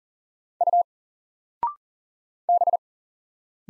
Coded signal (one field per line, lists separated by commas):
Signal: Morse code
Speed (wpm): 40 wpm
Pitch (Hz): 700 Hz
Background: none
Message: U B